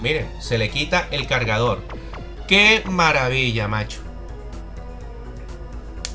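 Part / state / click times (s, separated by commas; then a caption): plastic magazine into action-figure toy rifle / seated / 6.0 s. Someone talks, then after a quiet stretch a plastic magazine is pushed into a 1:12-scale action-figure AK-47 accessory rifle. A sharp click sounds at 6.0 s, followed by a fainter tick at 6.2 s, and the magazine is seated.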